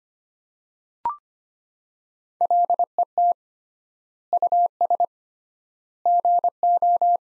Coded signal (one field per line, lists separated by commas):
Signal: Morse code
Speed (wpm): 25 wpm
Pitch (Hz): 700 Hz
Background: none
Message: LET US GO